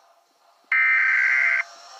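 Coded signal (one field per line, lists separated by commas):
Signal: Emergency Alert System (SAME) tones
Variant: header bursts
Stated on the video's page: Fictional EAS scenario.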